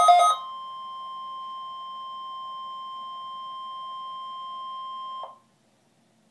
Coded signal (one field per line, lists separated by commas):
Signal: Emergency Alert System (SAME) tones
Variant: 1050 Hz attention tone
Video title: Eas 138 Required Weekly Test